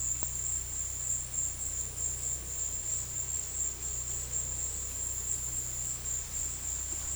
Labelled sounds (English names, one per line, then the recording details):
none
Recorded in dense forest near Puerto Asís, Putumayo, Colombia, on 19 February 2024 at 14:00
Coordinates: 0.487, -76.319
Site G6403